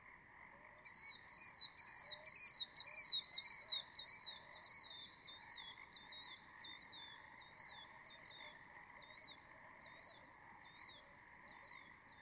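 A bird sings a fast, bright run of rising and falling chirps that is loudest in the first four seconds, then thins into quieter, spaced notes. Beneath it, steady bands of other calls or croaking hum continuously, with a soft low rumble throughout.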